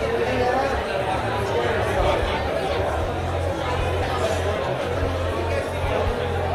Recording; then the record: background sound without coughing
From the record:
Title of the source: CITY SOUNDS Busy Bar in the Evening Night - 2 HOURS of Ambiance for Relaxation